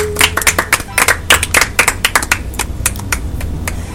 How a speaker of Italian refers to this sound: E ragazzi, bentornati alla cena dei regini. Un applauso.